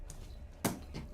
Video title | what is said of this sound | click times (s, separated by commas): Live Build - Hogwarts Express Ultimate Collector Series - The Lego Show | oh such a satisfying click | 0.7 s